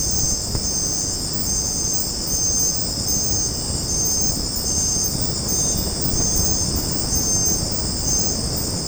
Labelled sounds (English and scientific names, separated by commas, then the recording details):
none
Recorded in secondary vegetation near Puerto Asís, Putumayo, Colombia, on 19 March 2025 at 21:30
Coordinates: 0.481, -76.318
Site G097